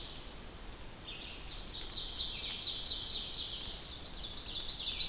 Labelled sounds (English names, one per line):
Ovenbird song